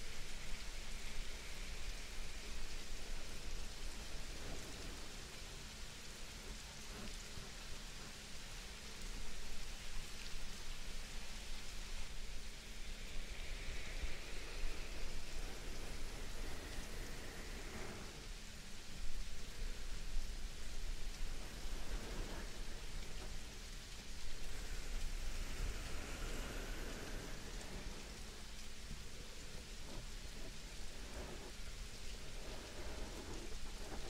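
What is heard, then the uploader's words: Light ear massage sounds over steady rain, a dense continuous hiss with soft rubbing swells and occasional brighter taps throughout, no voice. ASMR super sensitive light ear massage & attention - no talking, rain.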